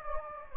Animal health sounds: mosquito wingbeat signal from an infrared sensor; Anopheles gambiae

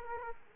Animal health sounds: mosquito wingbeat signal from an infrared sensor; Aedes aegypti

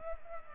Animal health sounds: mosquito wingbeat signal from an infrared sensor; Culex pipiens

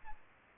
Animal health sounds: mosquito wingbeat signal from an infrared sensor; Aedes albopictus

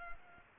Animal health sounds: mosquito wingbeat signal from an infrared sensor; Culex pipiens

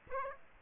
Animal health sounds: mosquito wingbeat signal from an infrared sensor; Aedes aegypti

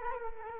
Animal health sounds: mosquito wingbeat signal from an infrared sensor; Culex quinquefasciatus

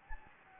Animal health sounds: mosquito wingbeat signal from an infrared sensor; Anopheles gambiae

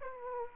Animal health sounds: mosquito wingbeat signal from an infrared sensor; Aedes aegypti

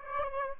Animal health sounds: mosquito wingbeat signal from an infrared sensor; Aedes aegypti

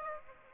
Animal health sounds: mosquito wingbeat signal from an infrared sensor; Aedes aegypti

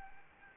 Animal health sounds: mosquito wingbeat signal from an infrared sensor; Anopheles gambiae

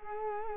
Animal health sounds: mosquito wingbeat signal from an infrared sensor; Culex quinquefasciatus

